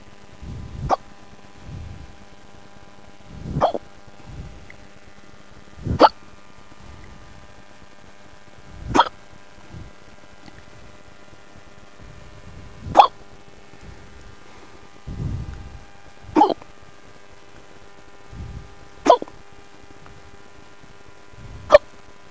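Eight sharp, squeaky hiccups in an adult, each after a soft intake, about every three seconds: repeated hiccups, roughly 22 a minute.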